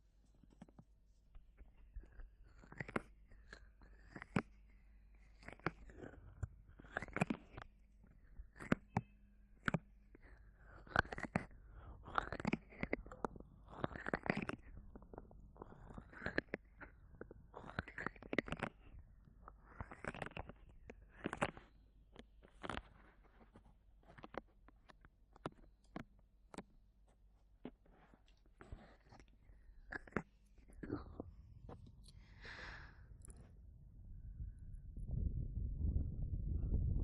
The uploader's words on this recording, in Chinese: 耳朵按摩特輯，無人聲。